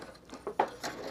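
The small plastic piston end of a spoiler on a Hot Toys 1/6-scale Tumbler model car is pressed carefully, so as not to break it, into its mounting hole in the car body. A soft tap sounds at 0.5 s, then a sharp, bright snap at 0.6 s as the piston seats firmly in place.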